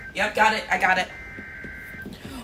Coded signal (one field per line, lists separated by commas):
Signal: Emergency Alert System (SAME) tones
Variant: header bursts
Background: speech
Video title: Hurricane Milton's Alerts | TH and Partial DH with SOOO MUCH TORNADO WARNINGS! | EAS #6-25/WEA #1-2